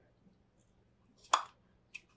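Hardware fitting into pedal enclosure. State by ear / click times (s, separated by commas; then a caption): seated / 1.3 s. A piece of hardware is worked by hand into a hand-painted, epoxy-coated guitar pedal enclosure. A sharp pop at 1.3 s marks it snapping into place, followed by a smaller click at 2.0 s against a faint low hum. The hardware is seated.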